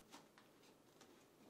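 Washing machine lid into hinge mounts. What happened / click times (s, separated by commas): The lid is being handled and has not snapped home yet / none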